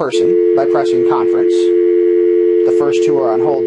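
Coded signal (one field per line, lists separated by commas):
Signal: telephone call progress tone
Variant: North America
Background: speech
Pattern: dial tone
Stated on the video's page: Avaya IP Office phone system while setting up a three-party conference call.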